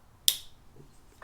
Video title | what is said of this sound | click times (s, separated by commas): Magic Strobes Custom Dynamics install | there's an audible snap | 0.3 s